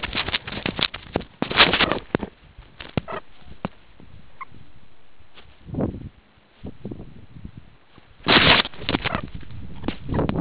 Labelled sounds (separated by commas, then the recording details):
meerkat close call, meerkat short note
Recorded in the Kuruman River Reserve, South Africa
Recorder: an audio tag on a meerkat's collar